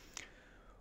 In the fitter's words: ça rentre ça se clipser ça ceux des clipse très bien au